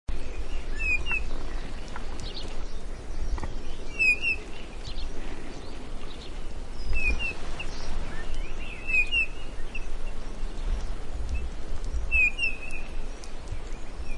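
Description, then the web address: Grey-headed bullfinch giving brief, faint piping whistles in small clusters every few seconds against steady rumbling background noise. "grey headed bullfinch bird call"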